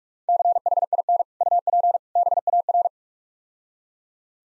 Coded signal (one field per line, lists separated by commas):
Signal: Morse code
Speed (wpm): 45 wpm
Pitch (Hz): 700 Hz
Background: none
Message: CHIN UP BAR